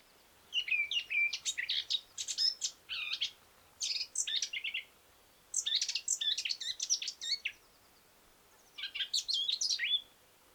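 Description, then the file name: Eurasian blackcap song: high, scratchy, rapid warbling phrases of one to three seconds, separated by short pauses, in a quiet background. "Sylvia atricapilla"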